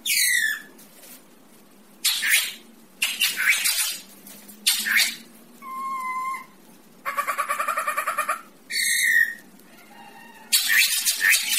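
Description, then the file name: Racket-tailed drongo song: loud rasping calls mixed with clear paired whistles, a rapid buzzy trill and nasal notes, delivered in separate bursts. "tieng cheo beo duoi co"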